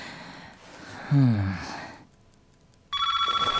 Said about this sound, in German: Nein. Ein Alarm? Was soll ich denn jetzt? Nein. Moment. Das ist kein Alarm. Das Telefon.